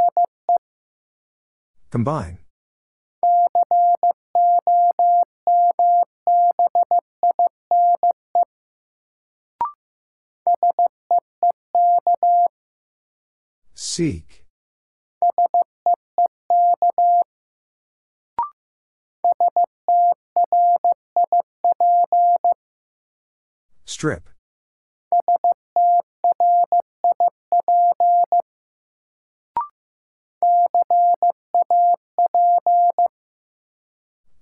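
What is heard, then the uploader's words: A word is sent in Morse code as a steady mid-pitched beep keyed into quick dots and dashes, repeated in several groups about every ten seconds. Short noisy whooshes cut in near 2, 14 and 24 seconds, and faint clicks fall between groups. New Word Drill - 15wpm. First, the word is sent in Morse code. Then it is spoken.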